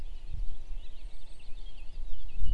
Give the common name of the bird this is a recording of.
Eurasian Blackcap